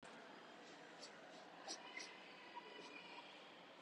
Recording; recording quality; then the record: shallow breathing; moderate, slight background noise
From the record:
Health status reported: healthy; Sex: male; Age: 25 years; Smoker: no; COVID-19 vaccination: both doses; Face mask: worn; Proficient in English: yes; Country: India